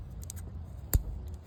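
An electrical connector is plugged back into the alternator on a 2014/2015 Honda Civic EX during an alternator replacement. A loud, sharp click at 0.9 s shows the connector seating, with a few faint ticks before and after. The connector is seated.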